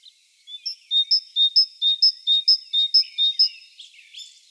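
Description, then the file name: Great tit song: a bright two-note phrase, high then lower, repeated about seven times in quick even rhythm, followed by a few scratchy notes. "Parus major"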